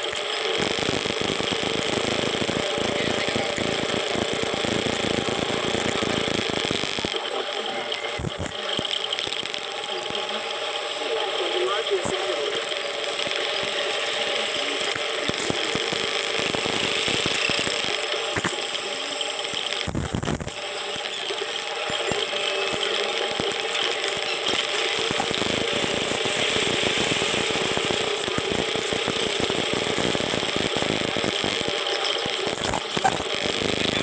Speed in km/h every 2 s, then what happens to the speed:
9, 13, 16, 16, 11, 7, 6, 7, 11, 11, 7, 9, 10, 16, 20, 17, 14.
0-4 speeds up to 16. 4-11 slows to 6. 11-21 steady at about 7. 21-28 speeds up to 20. 28-34 steady at about 17.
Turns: 12-17.